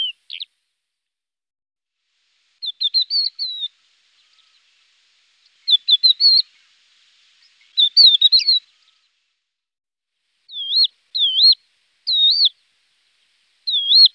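Crested lark giving short song phrases separated by silences, ending with several clear, looping whistled notes.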